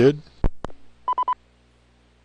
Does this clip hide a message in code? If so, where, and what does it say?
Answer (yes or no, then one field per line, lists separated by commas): no